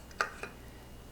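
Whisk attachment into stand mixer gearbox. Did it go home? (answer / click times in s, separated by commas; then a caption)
yes / 0.2 s. Beater whisks are pushed into a stand mixer's gearbox attachment and snap into place with a sharp click at 0.2 s. A weaker click follows at 0.4 s, and the whisks are seated.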